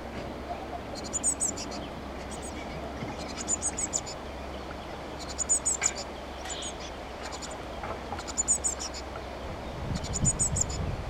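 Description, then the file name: Eurasian blue tit giving brief, very high, twittering bursts of quick notes, roughly every two seconds, with a constant low background hum. "Cyanistes caeruleus"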